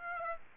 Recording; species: mosquito wingbeat signal from an infrared sensor; Aedes aegypti